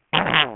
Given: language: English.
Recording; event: throat vibration sensor signal played as sound; throat clearing